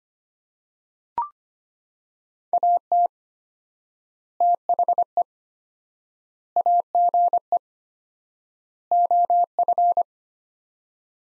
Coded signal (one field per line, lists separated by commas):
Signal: Morse code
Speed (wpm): 25 wpm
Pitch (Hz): 700 Hz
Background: none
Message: AT THE AGE OF